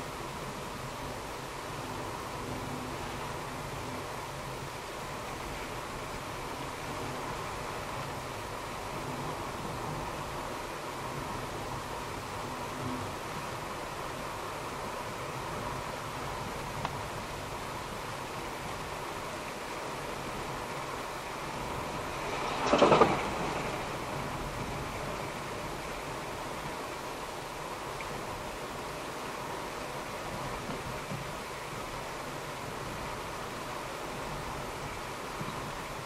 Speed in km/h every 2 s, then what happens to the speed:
48, 49, 49, 51, 51, 52, 52, 52, 51, 51, 52, 51, 50, 51, 51, 51, 51, 50.
0-36 steady at about 51.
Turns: none.